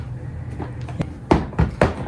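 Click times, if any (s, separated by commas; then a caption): none. A plastic part from the brush area of a Hoover Power Scrub XL carpet cleaner is handled and fitted into its slots in the cleaner base. There is a soft bump near 1.0 s, then sharper plastic knocks at about 1.3, 1.6 and 1.8 s, over a low background hum. Nothing has seated or clicked into place yet.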